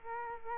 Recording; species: mosquito wingbeat signal from an infrared sensor; Culex quinquefasciatus